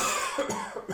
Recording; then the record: coughing mixed with background sound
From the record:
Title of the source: Mid-morning Winter Coughing Fit